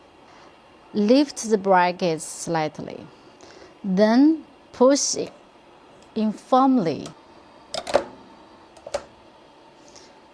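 Someone talks while an embroidery hoop's metal bracket is lifted slightly and pushed in firmly onto the embroidery machine's hoop arm. A sharp click at 8.0 s marks the bracket locking into place, seated, followed by a few fainter taps.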